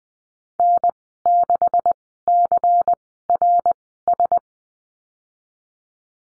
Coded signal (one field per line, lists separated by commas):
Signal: Morse code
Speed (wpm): 20 wpm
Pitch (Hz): 700 Hz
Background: none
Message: N6CRS